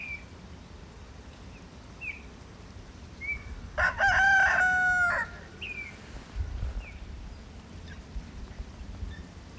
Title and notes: Mitterleiten, 83229 Aschau im Chiemgau, Deutschland - The Rooster and His Chickens. Der Hahn und seine Hühner. Auf dem Misthaufen an einem viel zu warmen Wintertag. Jedoch lag Schnee. Und ein Flugzeug zieht am Himmel vorüber